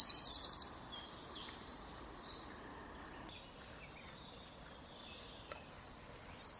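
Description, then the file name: Eurasian wren song: loud, very rapid high trills at the start and end, with a long quiet stretch of faint thin notes between. "Troglodytes troglodytes"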